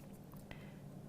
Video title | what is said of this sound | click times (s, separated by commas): JewelleryMaker LIVE 13/12/16: 6pm - 11pm | add that on and you'll feel it click through that little gap | 0.3 s, 0.5 s